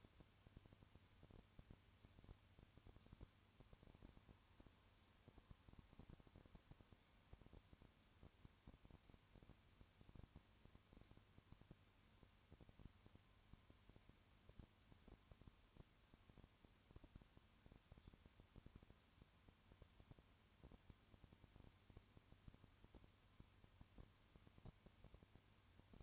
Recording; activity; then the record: daily activity, microphone in the room; no activity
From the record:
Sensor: 2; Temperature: 20.3 degrees Celsius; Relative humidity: 35.5%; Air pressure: 1001.0 hPa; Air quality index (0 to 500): 196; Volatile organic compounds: 5 ppm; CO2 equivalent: 1730 ppm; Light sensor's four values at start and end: 2/3/2/2 and 2/3/2/2